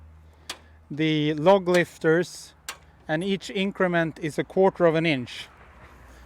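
A log lifter on a LOGOSOL F2+ chainsaw sawmill with an MS661 is raised step by step, its steel locking pawl clicking into the notched height rack at quarter-inch increments. A sharp click at 0.5 s marks the lock seating in the next notch, and someone talks through the rest of the clip.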